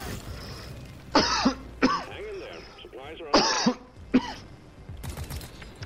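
An adult's dry cough, heard as several short, harsh bursts.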